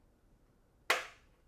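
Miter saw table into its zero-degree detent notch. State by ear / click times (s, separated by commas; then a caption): seated / 0.9 s. A DeWALT DWS780 miter saw's table is swung over with the detent override released until it drops into the 0° detent on the metal detent plate. A single sharp metallic click rings out at 0.9 s and decays over about a quarter second against a quiet background. The table is seated and locked at zero.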